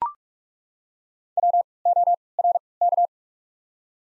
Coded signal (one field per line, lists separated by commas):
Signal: Morse code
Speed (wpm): 43 wpm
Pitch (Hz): 700 Hz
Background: none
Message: W O R K